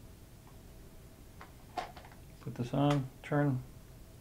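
A lens is handled and put onto the bayonet mount of a 35mm SLR camera body and turned, with a couple of faint ticks near 1.4 and 2.0 seconds while someone talks. The clip ends before the lens locks, so nothing has seated or clicked into the mount yet.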